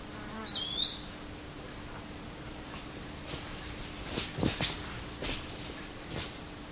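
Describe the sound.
Forest elaenia making a brisk, high two-note call near the start, followed by several dull knocks and clicks against a steady insect drone.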